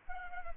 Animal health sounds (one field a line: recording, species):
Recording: mosquito wingbeat signal from an infrared sensor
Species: Culex pipiens